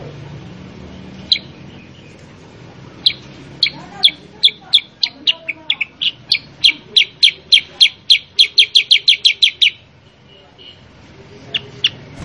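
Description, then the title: Sooty-headed bulbul song: sharp chipping notes that speed up into a rapid, insistent run of ticks, stop abruptly, then two final chips. Masteran (pancingan) recording for training cage birds, intended to prompt loud, vigorous singing; described as sharp-voiced. "Masteran Kutilang Sutra. PANCINGAN KUTILANG SUTRA GACOR SUARA PEDAS"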